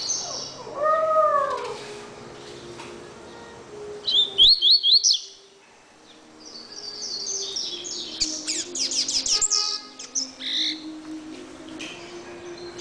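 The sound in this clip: Double-collared seedeater singing a rapid run of high, upslurred notes, amid a busy mix of other chirps and lower arched calls from other birds before and after.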